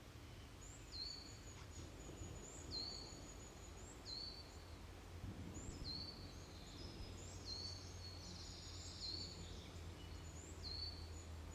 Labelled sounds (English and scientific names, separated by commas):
Common Firecrest (Regulus ignicapilla) call